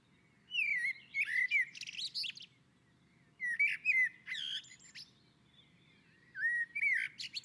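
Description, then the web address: Common blackbird song with three rich, low warbling phrases roughly every three seconds, each closing with a scratchy high flourish. On a roof. "Naturinspelningar Koltrast på taket"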